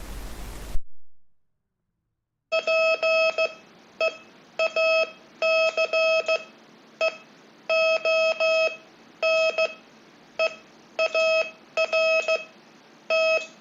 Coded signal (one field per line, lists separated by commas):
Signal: Morse code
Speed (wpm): 15 wpm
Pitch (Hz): 640 Hz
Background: none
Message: PEACE ON EART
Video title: RADIO COMMUNICATIONS